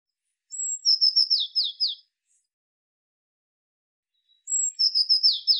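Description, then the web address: Eurasian blue tit: high piping note followed by rapid buzzy churrs falling in pitch, heard twice about four seconds apart. "cianscape birddata Deverinetal 2025 File cleaned normalized Bird Cy Ca"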